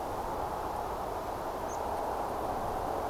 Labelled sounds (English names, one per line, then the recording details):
unidentified sound
Meadow Pipit
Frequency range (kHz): Meadow Pipit 5.6-7.3 kHz
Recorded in France